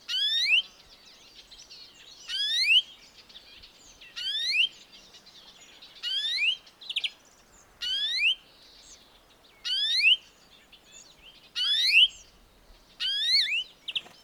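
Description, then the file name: European greenfinch giving drawn-out, rising wheezy calls, each about half a second, repeated roughly every two seconds, eight in all over a quiet background. "Chloris chloris"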